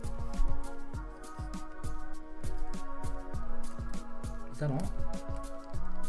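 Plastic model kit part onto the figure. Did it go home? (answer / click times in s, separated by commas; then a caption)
no / none. A plastic part is fitted onto a model-kit figure while electronic music with a steady beat plays and someone talks. No click is heard, and nothing has seated or clicked yet.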